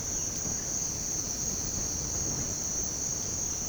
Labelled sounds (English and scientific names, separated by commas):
none